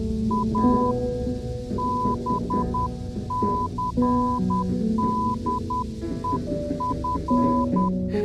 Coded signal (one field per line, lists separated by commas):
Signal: Morse code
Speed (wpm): 10 wpm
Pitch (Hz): 1000 Hz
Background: music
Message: ABCDEF